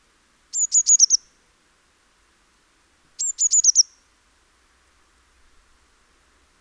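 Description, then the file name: Eurasian blue tit giving high, thin calls: a quick run of five sharp notes, repeated about every two and a half seconds, with a quiet background. "Cyanistes caeruleus"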